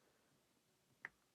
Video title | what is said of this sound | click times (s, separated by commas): Unboxing Monster High Frankie Stein Doll (Haunt Couture) | snaps right into place | 1.1 s